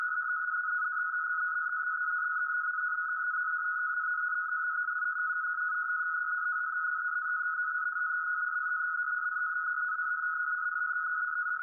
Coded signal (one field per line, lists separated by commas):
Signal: NAVTEX (SITOR-B)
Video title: 516 kHz NAVTEX